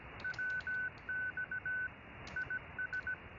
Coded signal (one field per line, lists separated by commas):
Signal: Morse code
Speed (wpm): 17 wpm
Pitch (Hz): 1500 Hz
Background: none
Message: WX IS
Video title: Making CW using SDR Console, Pluto SDR and FLDIGI